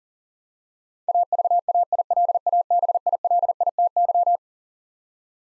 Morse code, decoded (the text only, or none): AVAILABILITY